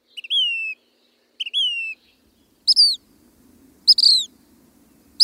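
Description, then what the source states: Say's Phoebe calls: clear, high whistled notes that slur downward, two lower plaintive notes followed by higher, sharper downslurred whistles, spaced about a second apart. Flycatcher ranging to the Arctic Circle, farther north than any other North American flycatcher; lives in the American West; its song is a plaintive refrain.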